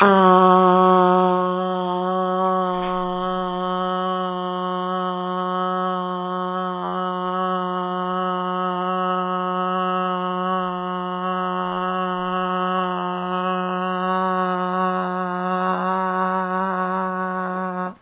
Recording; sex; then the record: sustained vowel /a/; female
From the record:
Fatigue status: no fatigue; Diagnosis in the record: COVID-19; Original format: 3gp